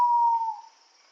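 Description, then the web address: Ivory-breasted pitta giving a single long, level whistle that fades away, with a continuous high insect hum behind it. Indonesia. "ULM-DS-Lab indonesian-bird-sounds Pitta maxima"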